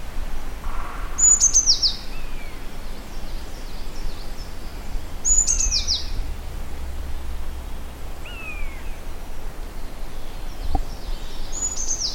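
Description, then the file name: Eurasian blue tit calling: three bursts of high thin notes sliding downward, with fainter drawn-out descending whistles between them and constant low background rumble. "Cyanistes caeruleus"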